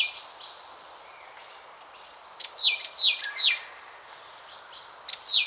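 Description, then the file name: Great tit calls: faint high whistles, then a quick run of several downslurred notes, a short gap, and two more falling notes. "Parus major"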